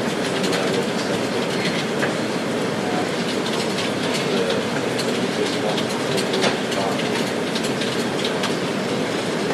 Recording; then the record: background sound without coughing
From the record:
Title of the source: Office Sounds Ambience - Background Noise for Study and Work